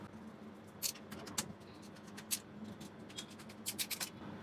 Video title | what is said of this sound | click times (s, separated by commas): iBar Zirconium ఎలా చేస్తామో చుడండి!! - Blender Software Telugu by Dr E Surendranath | tight అయిన తర్వాత ఈ సౌండ్ వస్తుంది సార్ మనకి. | 1.4 s